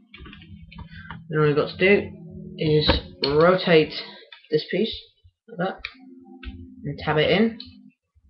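Someone talks while transforming a plastic toy aircraft, rotating a piece and bringing its plastic tab toward the slot in the toy body. Only faint handling ticks are heard under the talking. Nothing has seated or clicked yet; the tab has not locked into place.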